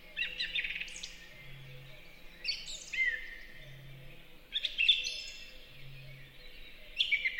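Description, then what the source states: Song thrush song of several short varied phrases with brief pauses, a faint low droning note recurring in the background. Singing in a forest in spring.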